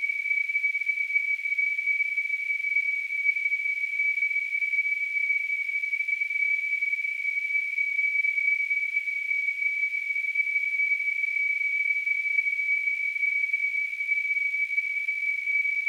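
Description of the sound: Tinnitus: a steady, unbroken high-pitched tone near 2.3 kHz at a constant level, with a faint hiss spread above it and no low-frequency sound.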